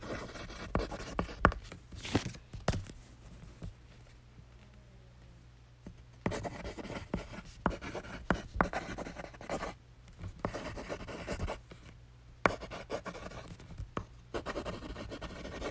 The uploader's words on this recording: ASMR Pencil. No talking.